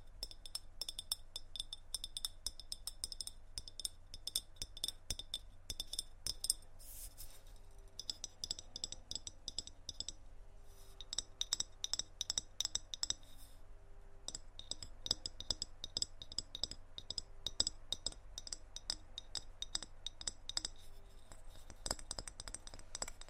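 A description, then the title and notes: Tapping on random objects, with quick, dense clinks like glass or cutlery that come in steady bursts, briefly pausing near seven, eleven and fourteen seconds. ASMR Tapping On Random Objects.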